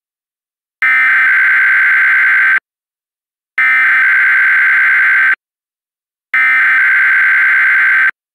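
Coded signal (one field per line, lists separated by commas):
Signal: Emergency Alert System (SAME) tones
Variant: header bursts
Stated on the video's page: Mock reenactment of a Texas required weekly test, using valid EAS tones.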